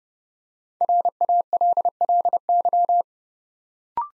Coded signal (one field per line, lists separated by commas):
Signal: Morse code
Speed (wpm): 30 wpm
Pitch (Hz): 700 Hz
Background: none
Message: RALLY